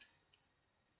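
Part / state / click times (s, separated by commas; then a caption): microscope objective on the revolving nosepiece / seated / 0.3 s. The revolving nosepiece of a light microscope is turned clockwise, moving from the red-ringed 4x objective to the yellow-ringed 10x objective in the light path. A faint tick at the start is followed by a short, sharp click at 0.3 s. The objective clicks into its detent and is seated in place.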